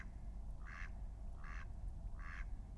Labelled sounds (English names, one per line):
Mallard